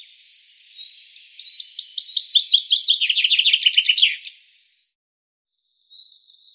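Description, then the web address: Common chaffinch song: a bright series of notes that speeds up and falls in pitch, ending in a short flourish, with faint high chirps before and after. "cianscape birddata Deverinetal 2025 File cleaned normalized Bird Fr Co"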